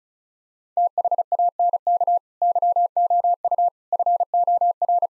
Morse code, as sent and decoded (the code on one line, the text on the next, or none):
- .... .- -. -.- / -.-- --- ..- / ..-. --- .-.
THANK YOU FOR